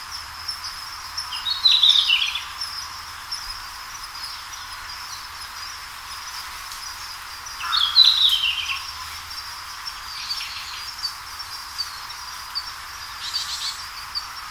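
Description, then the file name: Red-flanked bluetail calling with two brief, clear phrases that slide downward, about six seconds apart, against a constant high-pitched hiss and scattered faint chirps. "ruribitaki"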